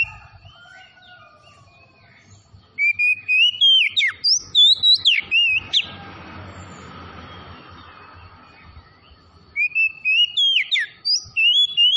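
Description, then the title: Oriental magpie-robin song: bursts of loud, sweet whistled notes with rising and falling slurs, a quiet pause of several seconds, then another vigorous whistled phrase. Tretes variety, singing vigorously (gacor). "Kacer Tretes"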